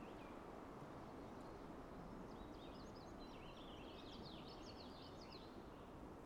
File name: Magnolia Warbler